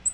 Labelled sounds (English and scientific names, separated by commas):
Black-throated Green Warbler (Setophaga virens) flight call